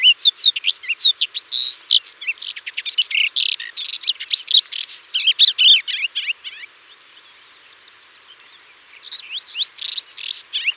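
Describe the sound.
Thekla's lark singing a rich, hurried medley of fluty slurred notes and buzzy trills, pausing briefly before a new phrase starts near the end.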